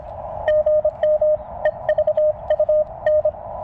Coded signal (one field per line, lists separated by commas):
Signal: Morse code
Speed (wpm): 25 wpm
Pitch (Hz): 610 Hz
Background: none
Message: GM EVUN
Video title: CW POTA with the NEW CFT-1 by Jonathan Kayne KM4CFT!